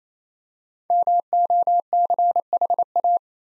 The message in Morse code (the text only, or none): MOCHA